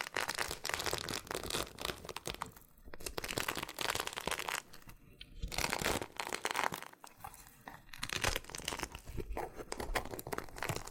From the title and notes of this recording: ASMR Oddly Satisfying Loofah Triggers with Intense Peeling & Popping Sounds (No Talking).